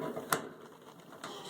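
A wiring harness connector is pushed onto a new lid switch on a washing machine that won't spin, as part of a lid switch replacement. A sharp click at 0.3 s marks the connector seating, followed by softer handling taps and a duller knock at 1.2 s. The plug is seated on the switch.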